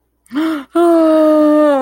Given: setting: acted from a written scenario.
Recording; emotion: vocal sound without words; distress